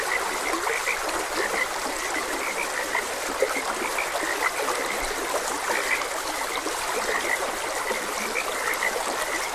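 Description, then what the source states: Frogs call in quick scattered croaks over an unbroken hiss of streaming water. Frogs croaking beside a gentle stream.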